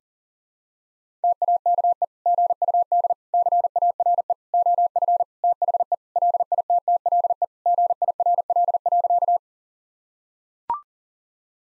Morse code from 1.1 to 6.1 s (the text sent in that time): TAKE GUD CARE OF THE